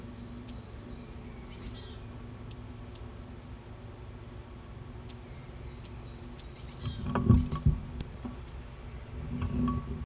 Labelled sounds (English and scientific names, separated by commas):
Long-tailed Tit (Aegithalos caudatus) call